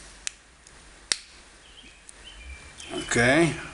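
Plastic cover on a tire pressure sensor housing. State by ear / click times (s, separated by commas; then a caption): not seated / none. The plastic cover of a tire pressure sensor housing is handled after its battery has been replaced and the part tightened down with a small blade screwdriver, as the housing is about to be pressed back together. Sharp ticks sound at about 0.3 and 1.1 s, with fainter taps near 0.7 and 2.1 s, before someone talks at the end. Nothing has seated or snapped into place yet.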